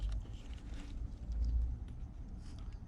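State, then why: Not seated. A wire terminal is pushed backwards into a plastic connector housing while steering wheel controls are being installed in a Nissan. Faint soft taps and handling noises sit over a steady low rumble, and nothing has clicked or seated yet because the terminal went in reversed.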